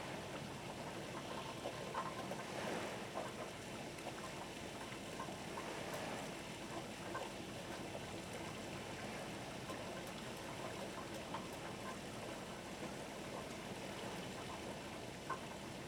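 A thunderstorm over a harbor, with a steady dense wash of rain and waves filling the whole clip. Underneath runs a low engine rumble, like a ferry idling. Small brief knocks and splashes dot the texture, with a brighter burst near two seconds.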